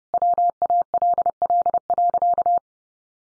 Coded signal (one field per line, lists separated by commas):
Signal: Morse code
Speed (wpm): 28 wpm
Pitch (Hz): 700 Hz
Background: none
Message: WALL.